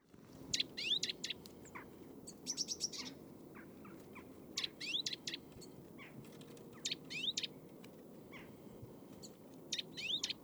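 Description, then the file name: Eurasian nuthatch calling, bright high chirping notes in repeated quick bursts, against constant low background noise. "Sitta europaea"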